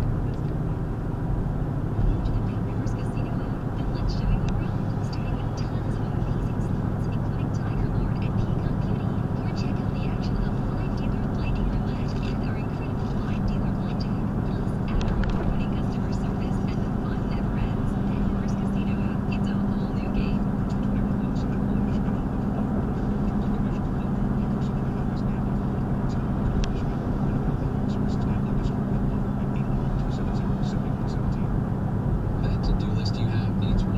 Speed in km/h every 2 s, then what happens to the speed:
56, 63, 63, 64, 66, 66, 68, 66, 66, 68, 68, 69, 69, 68, 68, 64, 61.
0-2 speeds up to 63. 2-29 steady at about 66. 29-34 slows to 61.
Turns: none.